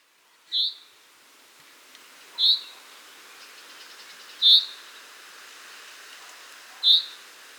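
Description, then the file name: Common chaffinch giving four brief sharp high call notes at uneven intervals of roughly two seconds, with quiet hiss behind. "Fringilla coelebs"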